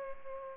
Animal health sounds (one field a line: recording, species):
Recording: mosquito wingbeat signal from an infrared sensor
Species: Culex pipiens